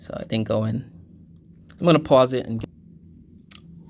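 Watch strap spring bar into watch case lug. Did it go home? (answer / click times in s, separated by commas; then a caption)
yes / 3.5 s. Someone talks while fitting the metal spring bar of a watch strap into the lug hole of the watch case. On the second try, a single sharp click at 3.5 s marks the spring bar snapping into the lug, and it is seated and secure.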